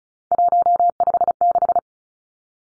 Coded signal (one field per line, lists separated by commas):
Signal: Morse code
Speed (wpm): 34 wpm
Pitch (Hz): 700 Hz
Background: none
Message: 156